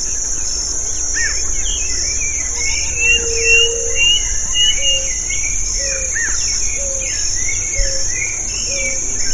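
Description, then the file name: Bird chorus of busy high chirps and slurred whistles, with a lower note recurring about every second, over a persistent high insect drone. "SABIOD 50 bird 2015"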